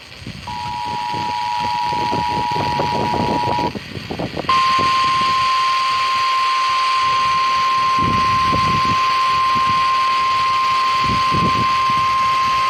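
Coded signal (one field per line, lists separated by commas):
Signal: Emergency Alert System (SAME) tones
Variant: 853 and 960 Hz attention tone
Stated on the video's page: Severe Thunderstorm Warning received via broadcast radio and TV.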